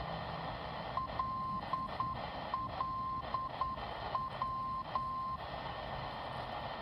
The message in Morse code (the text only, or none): LLW